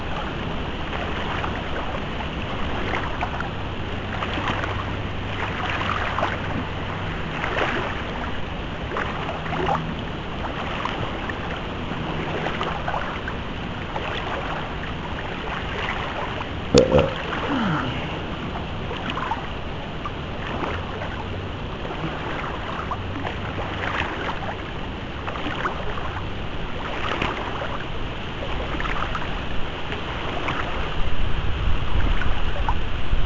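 Wild swimming along the Charente river: a steady wash of water with frequent splashes and strokes, repeating every second or so. A sharp knock cuts in around seventeen seconds, a low rumble comes and goes, and the splashing grows louder in the last few seconds.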